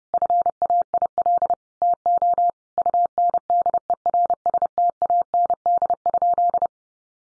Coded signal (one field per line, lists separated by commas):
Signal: Morse code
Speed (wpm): 30 wpm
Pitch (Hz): 700 Hz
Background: none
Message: FAIL TO UNDERSTAND?